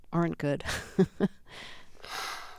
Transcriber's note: soundbite of laughter